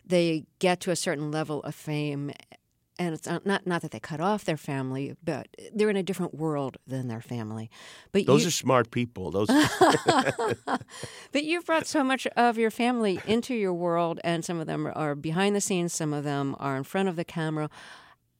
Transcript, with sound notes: They get to a certain level of fame, and it's not that they cut off their family, but they're in a different world than their family.
Those are smart people, those...
(LAUGHTER)
But you've brought so much of your family into your world, and some of them are behind the scenes, some of them are in front of the camera.